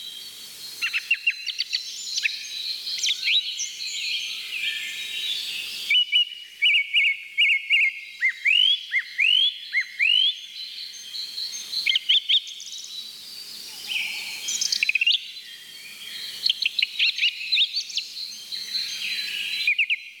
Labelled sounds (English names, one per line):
Song Thrush song